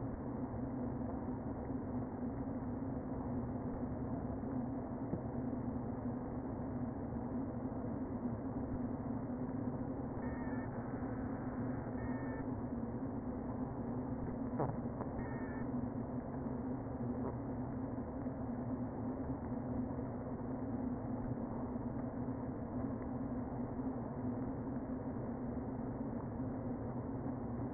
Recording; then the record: honeybee colony, microphone inside the hive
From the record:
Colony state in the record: queen present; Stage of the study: before two queens were removed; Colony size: about 60,000 bees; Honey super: yes